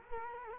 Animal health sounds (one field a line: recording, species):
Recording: mosquito wingbeat signal from an infrared sensor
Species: Culex quinquefasciatus